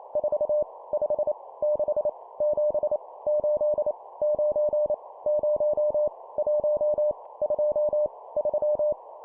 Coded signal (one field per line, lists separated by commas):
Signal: Morse code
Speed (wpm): 28 wpm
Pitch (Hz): 600 Hz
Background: none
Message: 4 5 6 7 8 9 0 1 2 3